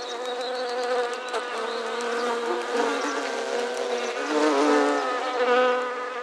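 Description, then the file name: Bumblebee buzzing, a steady low droning hum with rich overtones that wavers slightly in pitch and holds throughout. "bourdon"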